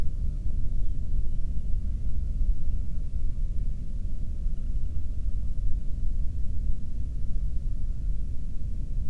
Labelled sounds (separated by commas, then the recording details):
bird
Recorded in the Prudhoe Bay oil fields, Alaska, on 13 June 2019 at 00:31
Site 30